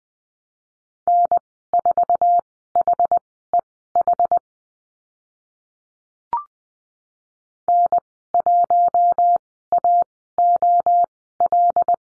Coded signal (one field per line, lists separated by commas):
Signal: Morse code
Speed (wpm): 19 wpm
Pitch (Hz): 700 Hz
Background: none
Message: N4HEH N1AOL